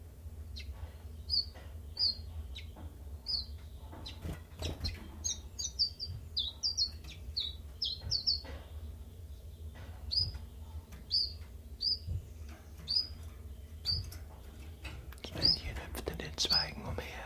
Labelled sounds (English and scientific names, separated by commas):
Common Chiffchaff (Phylloscopus collybita)